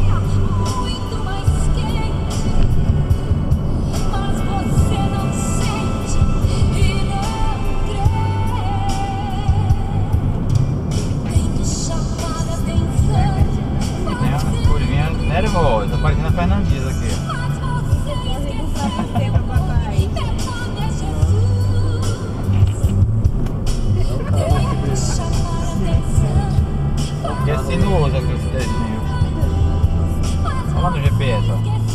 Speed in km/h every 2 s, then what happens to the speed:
69, 71, 70, 69, 63, 61, 60, 60, 65, 68, 65, 57, 55, 57, 60, 56.
0-5 steady at about 70. 5-9 slows to 61. 12-19 speeds up to 68. 19-23 slows to 55. 23-32 steady at about 56.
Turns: 7-13.